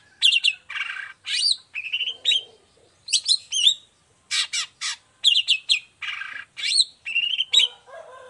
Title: Cendet Gacor Dor Di Kala Pagi Toet Toet Variasi Suara. Cendet Gacor Suara Jernih Full Variasi